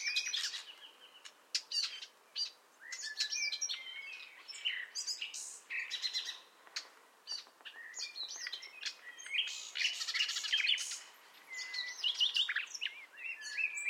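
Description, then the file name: Common nightingale delivering dense, continuous song of rapid chirps, clicks and whistled notes, with brief pauses between busy phrases. "Luscinia megarhynchos"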